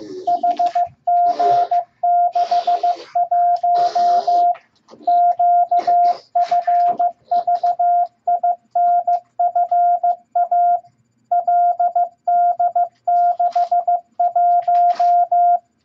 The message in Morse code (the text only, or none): HG61 QFVINFA LD61